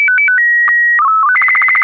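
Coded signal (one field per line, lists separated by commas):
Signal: SSTV (slow-scan television)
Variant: Robot BW 8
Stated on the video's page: SSTV in B/W12 mode.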